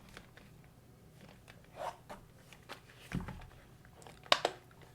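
A replacement ear pad is pressed onto the plastic ear cup of a Sony PS5 Pulse 3D gaming headset until its clips snap in. Soft rustling and faint handling clicks lead up to a sharp, loud snap at 4.3 s, followed by a smaller click at 4.5 s. The ear pad is confirmed seated on the ear cup.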